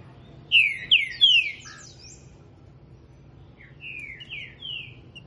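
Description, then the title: Green-winged Saltator singing three bright, down-slurred whistles back to back, followed after a pause by a quieter series of falling whistled notes. Heard singing a lot in the morning; the song style is labelled 'voz 10'. "Canto De Trinca Ferro Voz 10"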